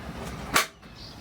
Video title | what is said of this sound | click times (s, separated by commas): Idegenvezetés: Hanse 348 | there's a click and then it's fixed and i have a good table area in the cockpit | 0.6 s